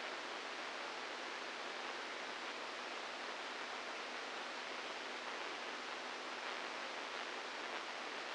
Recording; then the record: brain microelectrode recording played as sound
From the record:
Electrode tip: inside the subthalamic nucleus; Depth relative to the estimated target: -2 mm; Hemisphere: right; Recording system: NeuroSet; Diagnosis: Parkinson's disease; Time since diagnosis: 8 years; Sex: male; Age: 46 years